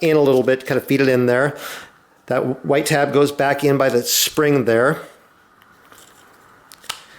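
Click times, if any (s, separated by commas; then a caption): 6.7 s, 6.9 s. Someone talks while pushing the rotating plastic twist grip of a SRAM 3.0/MRX Comp Grip Shift shifter over the retaining tabs of the shifter body, so that its white tab sits by the spring. After the talking stops, a few faint ticks are heard, followed by sharp clicks at 6.7 and 6.9 seconds as the grip snaps into place on the shifter housing.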